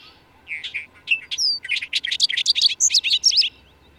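Bird song: one brisk, varied phrase of chirps, buzzy notes and a falling whistle, packed densely and lasting about three seconds.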